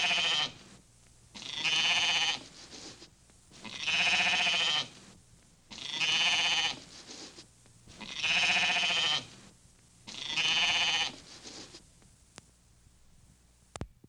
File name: sheep bleating